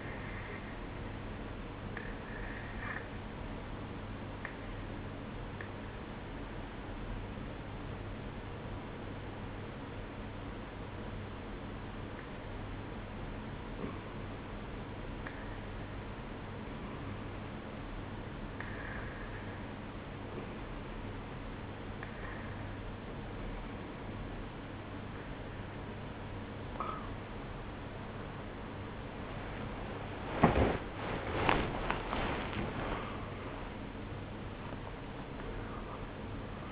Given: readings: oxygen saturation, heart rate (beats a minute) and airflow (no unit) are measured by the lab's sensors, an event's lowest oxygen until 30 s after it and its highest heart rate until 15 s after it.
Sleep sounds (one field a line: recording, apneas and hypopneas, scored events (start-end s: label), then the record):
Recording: breathing in sleep by a voice recorder at the bedside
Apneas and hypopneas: 1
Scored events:
6.00-28.20 s: hypopnea (N1, oxygen 93% highest, then 92% lowest, heart rate 61 at the start, 75 highest)
From the record:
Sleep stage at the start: N1 (lightest sleep)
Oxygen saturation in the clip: 92 to 94%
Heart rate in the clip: 59 to 74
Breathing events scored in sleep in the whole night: 305 in 9.6 hours asleep